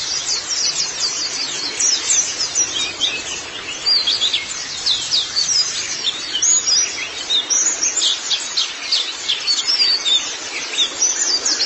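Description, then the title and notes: White-eye giving a long, lively outpouring of high twittering notes, quick chirps tumbling together continuously. "Kicauan Burung Pleci Durasi Panjang. Suara kicauan burung pleci"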